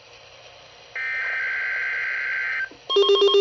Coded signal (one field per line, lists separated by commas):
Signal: Emergency Alert System (SAME) tones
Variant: header bursts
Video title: ivcam.mp4 | (EAS) Required Weekly test (EAS #150)